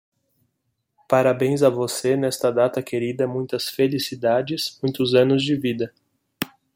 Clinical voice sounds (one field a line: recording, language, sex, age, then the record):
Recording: short text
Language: Brazilian Portuguese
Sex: male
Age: 30 to 39 years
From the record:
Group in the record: control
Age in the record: 32 years